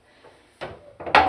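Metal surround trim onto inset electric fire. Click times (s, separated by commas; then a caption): 1.1 s. A metal trim frame is lined up from the bottom and pushed on at the top of an Ezee Glow Pulse inset electric fire, where it meets magnetic metal plates. Soft scraping and knocks of metal are heard as it is fitted, ending in a sharp click at 1.2 s. The click tells that the trim is seated in place.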